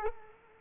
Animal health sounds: mosquito wingbeat signal from an infrared sensor; Culex quinquefasciatus

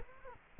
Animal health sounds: mosquito wingbeat signal from an infrared sensor; Culex quinquefasciatus

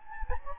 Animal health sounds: mosquito wingbeat signal from an infrared sensor; Anopheles gambiae

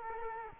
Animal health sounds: mosquito wingbeat signal from an infrared sensor; Culex quinquefasciatus

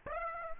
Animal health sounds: mosquito wingbeat signal from an infrared sensor; Aedes aegypti

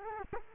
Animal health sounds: mosquito wingbeat signal from an infrared sensor; Culex quinquefasciatus

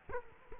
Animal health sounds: mosquito wingbeat signal from an infrared sensor; Culex quinquefasciatus

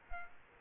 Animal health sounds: mosquito wingbeat signal from an infrared sensor; Culex quinquefasciatus

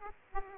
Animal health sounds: mosquito wingbeat signal from an infrared sensor; Aedes aegypti

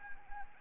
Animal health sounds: mosquito wingbeat signal from an infrared sensor; Anopheles arabiensis

